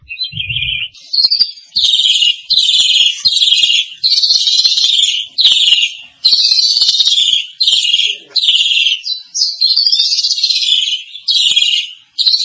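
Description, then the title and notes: Starling song, a series of rasping, buzzy phrases with short gaps, opening with a short low thump and a thin whistle. "suara burung jalak"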